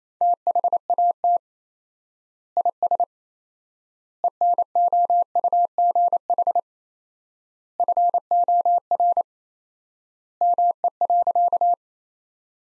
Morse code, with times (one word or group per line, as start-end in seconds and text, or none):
0.2-1.4 THAT
2.6-3.0 IS
4.2-6.6 ENOUGH
7.8-9.2 FOR
10.4-11.7 ME.